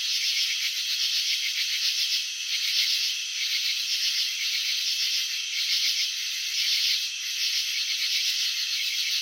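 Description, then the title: Crickets chirping in a dense, high, buzzy trill that pulses steadily, with occasional louder swells; no other sounds. Crickets chirping, filmed in slow motion; wing vibrations and antenna movements shown. "Crickets in Slow Motion 📷. Capturing the Elegance of Chirping"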